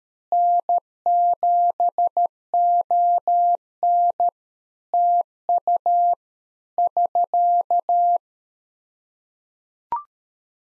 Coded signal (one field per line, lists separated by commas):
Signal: Morse code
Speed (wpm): 13 wpm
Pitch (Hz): 700 Hz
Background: none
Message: N7ON TU <SK>